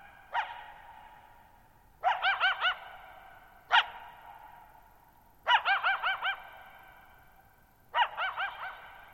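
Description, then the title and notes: Coyote giving sharp barks and quavering yip bursts at intervals of about two seconds, each call ringing out in a long echoing tail over a quiet background. Lone coyote calling at night on July 14, 2019, Thirtymile Meadows, Okanogan National Forest, 6400 ft (1950 m); bowl-shaped meadow on a high dry plateau. "Lone Coyote at Thirtymile Meadows. night of July 14, 2019, camped near Thirtymile Meadows in the Okanogan National Forest at 6400 ft (1950 m)"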